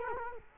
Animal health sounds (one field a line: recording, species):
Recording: mosquito wingbeat signal from an infrared sensor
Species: Culex quinquefasciatus